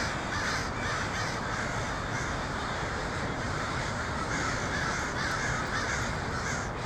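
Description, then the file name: Crow caws pour out nonstop from a large group, rough and overlapping, set against a loud steady hiss. Crows in Portland on 23 October 2018. "pdx crows 2018-10-23"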